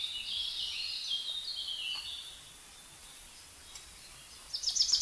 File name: Fringilla coelebs